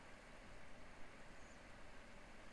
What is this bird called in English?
Common Blackbird